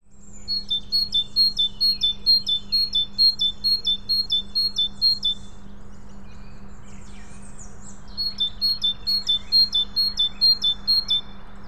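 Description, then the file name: Great tit song: rapid two-note phrases, higher then lower, repeated in a long run, a pause, then a second run, over a steady low hum. "Parus major"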